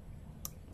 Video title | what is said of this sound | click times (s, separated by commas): Suzuki S-Presso Error Reverse Parking Sensor Fix | may clicking sounds Yans so which means na-lock na siya So | 0.4 s